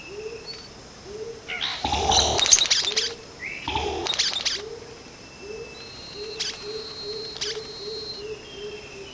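Vogelkop bowerbird uttering loud harsh grating bursts over soft low repeated notes, with high thin whistles in the background.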